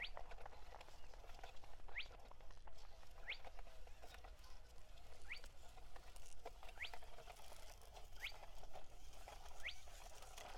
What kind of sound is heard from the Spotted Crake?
song